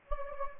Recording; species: mosquito wingbeat signal from an infrared sensor; Anopheles gambiae